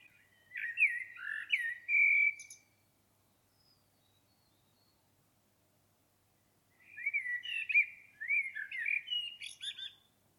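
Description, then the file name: Common blackbird song: two well-spaced phrases of flute-like warbling, each closing with thin, high twittering, separated by about four seconds of quiet. "Turdus merula"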